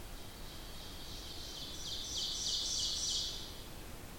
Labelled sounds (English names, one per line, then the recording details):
Ovenbird song
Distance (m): 45 m
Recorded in boreal forest in Alberta, Canada, on 8 June 2016 at 08:37
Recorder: SongMeter 3, array SBT-3-9
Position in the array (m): 165 m, 150 m
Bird 35